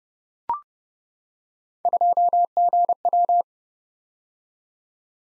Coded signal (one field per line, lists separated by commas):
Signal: Morse code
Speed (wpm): 30 wpm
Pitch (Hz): 700 Hz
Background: none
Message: 2GW